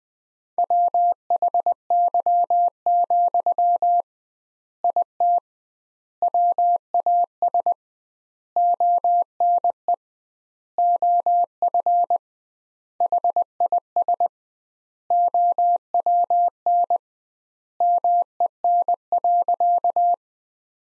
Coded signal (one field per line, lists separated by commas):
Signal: Morse code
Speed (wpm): 20 wpm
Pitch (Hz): 700 Hz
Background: none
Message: WHY, IT WAS ONE OF HIS OWN MEN.